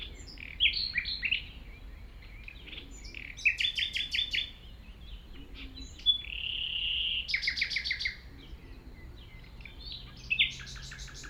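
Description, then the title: Common nightingale song: bursts of repeated staccato notes, a long pure whistle, then more rapid clicking trills, over faint low background noise. Singing in tall grass at Chindrieux, France, approached on foot by the recordist; it is deaf to outside noise while singing. "195 Rue de Vars, 73310 Chindrieux, France - approche d'un rossignol"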